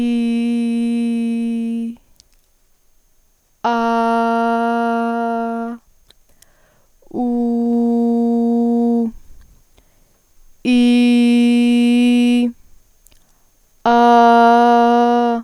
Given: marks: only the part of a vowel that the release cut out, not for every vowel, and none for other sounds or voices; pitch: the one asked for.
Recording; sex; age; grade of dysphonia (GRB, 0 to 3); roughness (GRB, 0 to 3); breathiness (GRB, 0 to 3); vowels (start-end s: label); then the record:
sustained vowels; female; 18 to 19 years; 0; 0; 0
0.00-1.78 s: vowel /i/, normal pitch
3.87-5.57 s: vowel /a/, normal pitch
7.36-8.96 s: vowel /u/, normal pitch
10.81-12.33 s: vowel /i/, high pitch
14.05-15.21 s: vowel /a/, high pitch
From the record:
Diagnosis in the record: healthy voice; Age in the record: 19 years